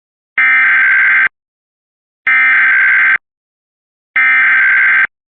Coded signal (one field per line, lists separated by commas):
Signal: Emergency Alert System (SAME) tones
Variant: header bursts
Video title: (FOUND SAFE) CAE (Amber Alert) For Maryland (10/10/24. EAS #72 - EAS #73. {MSP & WTOP Audio})